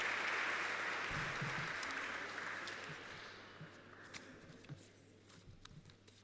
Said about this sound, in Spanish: Démosle un aplauso y a todos nosotros por participar en esta fría mañana que nos compromete en esta nueva causa.